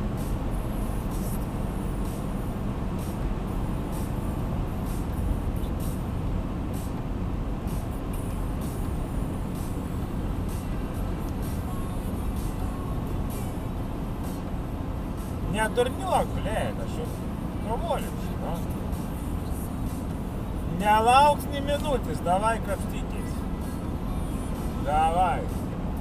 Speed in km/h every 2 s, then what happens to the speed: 95, 94, 94, 93, 94, 92, 92, 91, 90, 89, 88, 89, 89.
0-26 steady at about 92.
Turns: none.